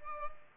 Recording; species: mosquito wingbeat signal from an infrared sensor; Culex pipiens